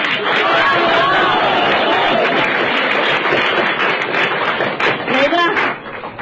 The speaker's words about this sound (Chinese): 那当然了， 他唱完之后各位还真鼓掌。